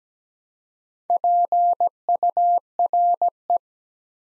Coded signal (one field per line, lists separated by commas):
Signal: Morse code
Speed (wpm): 17 wpm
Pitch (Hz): 700 Hz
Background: none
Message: PURE